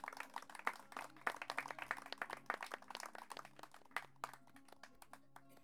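An audience at the Fourth Meeting of Poets and Payadores in Aguila Sur breaks into applause, many hands clapping in a dense, uneven patter that holds steady for several seconds with a few sharper claps standing out, over a faint low hum.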